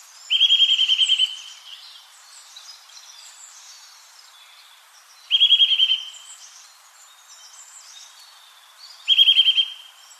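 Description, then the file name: Eurasian nuthatch with three loud, fast trills of ringing piping notes several seconds apart, while faint high-pitched chirps of other birds fill the gaps. "Sitta europaea"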